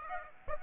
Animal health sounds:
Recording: mosquito wingbeat signal from an infrared sensor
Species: Aedes aegypti

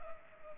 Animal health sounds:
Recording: mosquito wingbeat signal from an infrared sensor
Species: Culex pipiens

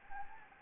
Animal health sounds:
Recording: mosquito wingbeat signal from an infrared sensor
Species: Anopheles gambiae

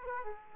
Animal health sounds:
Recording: mosquito wingbeat signal from an infrared sensor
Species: Aedes aegypti

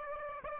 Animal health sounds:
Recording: mosquito wingbeat signal from an infrared sensor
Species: Aedes aegypti

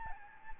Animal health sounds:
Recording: mosquito wingbeat signal from an infrared sensor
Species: Aedes albopictus

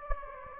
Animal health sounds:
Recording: mosquito wingbeat signal from an infrared sensor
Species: Anopheles gambiae

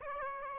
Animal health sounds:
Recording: mosquito wingbeat signal from an infrared sensor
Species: Aedes aegypti

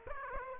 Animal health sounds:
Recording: mosquito wingbeat signal from an infrared sensor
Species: Aedes aegypti

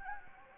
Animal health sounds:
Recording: mosquito wingbeat signal from an infrared sensor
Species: Anopheles gambiae

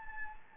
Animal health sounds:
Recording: mosquito wingbeat signal from an infrared sensor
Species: Anopheles gambiae

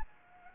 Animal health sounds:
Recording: mosquito wingbeat signal from an infrared sensor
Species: Anopheles gambiae

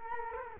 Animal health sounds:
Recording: mosquito wingbeat signal from an infrared sensor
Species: Culex quinquefasciatus

